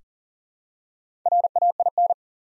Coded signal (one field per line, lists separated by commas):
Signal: Morse code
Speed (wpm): 38 wpm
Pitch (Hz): 700 Hz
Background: none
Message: RAIN